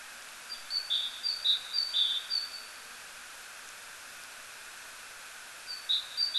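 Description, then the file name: Great tit giving a few quick high-low two-note phrases, falling silent for several seconds, then starting again briefly; light steady hiss throughout. "Parus major"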